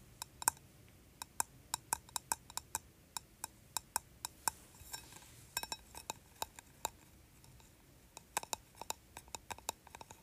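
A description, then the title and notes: Fingers tap on a candle in a quick, uneven stream of sharp, bright clicks, several per second, with a few brief pauses. Some taps ring slightly like glass. A faint low hiss sits underneath throughout. ASMR Tapping Candle.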